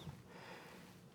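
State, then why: Not seated. A name-brand Makita 18V lithium-ion battery pack is slid along the battery rail of a cordless power tool, making a low, steady handling rumble that is slightly louder near 0.1 s. The clip ends before the battery goes home, so nothing has seated or clicked yet.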